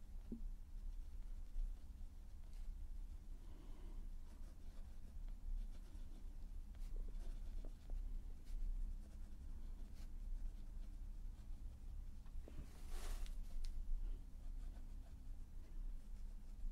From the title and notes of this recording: ASMR Relaxing Colouring- Pencil Sounds and Visual Triggers.